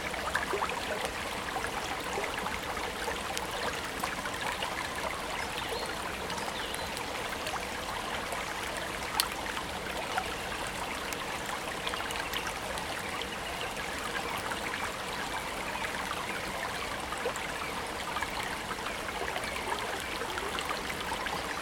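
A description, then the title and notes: A woodland stream runs steadily, its dense bright trickling and babbling holding an even level throughout. Small splashes and droplets flicker within the flow, with a slightly sharper splash around nine seconds, and a soft low rumble underneath. A magical woodland stream on the edge of Cardiff.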